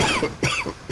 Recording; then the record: coughing mixed with background sound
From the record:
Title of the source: Dry Afternoon Cough